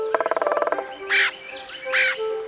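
Red-headed Woodpecker: a fast chattering rattle of about a dozen notes, then two harsh, raspy calls spaced almost a second apart.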